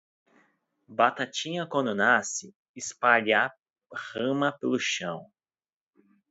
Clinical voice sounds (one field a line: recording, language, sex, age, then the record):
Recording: short text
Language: Brazilian Portuguese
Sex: male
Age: 30 to 39 years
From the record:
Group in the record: control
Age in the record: 31 years